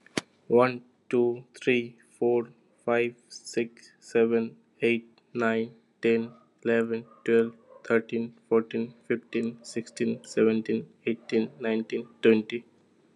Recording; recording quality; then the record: counting at a normal pace; excellent, no background noise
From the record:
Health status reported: healthy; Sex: male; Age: 24 years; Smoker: yes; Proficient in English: yes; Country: India